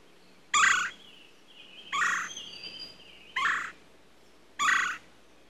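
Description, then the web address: Woodpecker calls as four harsh, short squawks, each about a third of a second, spaced about one and a quarter to one and a half seconds apart in a quiet background. "дятел"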